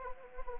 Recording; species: mosquito wingbeat signal from an infrared sensor; Anopheles gambiae